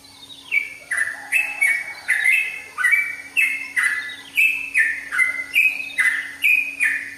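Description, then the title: Oriental magpie-robin singing, rapid run of falling whistled phrases, more than a dozen, each sweeping downward with bright overtones, over a low steady hum. "Kicau Kacer"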